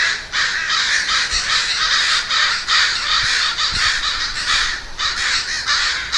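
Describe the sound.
Crows cawing together in a harsh, unbroken clamour, with their coarse calls overlapping throughout the short stretch.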